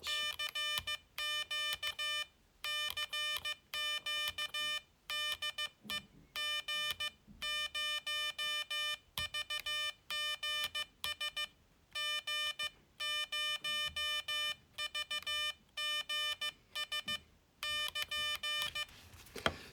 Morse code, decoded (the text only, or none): CQ CQ DE G0VGS G0VGS <KN>